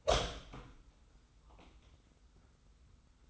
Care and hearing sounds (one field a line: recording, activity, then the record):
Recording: daily activity, microphone in the room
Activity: open door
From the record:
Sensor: 3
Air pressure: 990.4 hPa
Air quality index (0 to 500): 173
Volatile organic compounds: 1000 ppm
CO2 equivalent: 5613 ppm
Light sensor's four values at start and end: 48/114/46/44 and 48/114/46/44